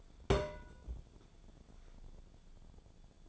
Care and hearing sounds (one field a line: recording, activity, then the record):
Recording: daily activity, microphone in the room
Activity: place on stove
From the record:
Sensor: 5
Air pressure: 1000.1 hPa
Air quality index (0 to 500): 95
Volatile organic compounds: 1 ppm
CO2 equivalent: 775 ppm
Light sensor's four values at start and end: 366/873/377/424 and 369/879/380/427